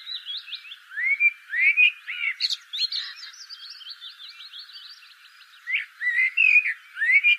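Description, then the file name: Common blackbird singing short fluted warbled phrases, each trailing into squeaky high twittering, with a quieter pause midway before more mellow phrases. "Turdus merula"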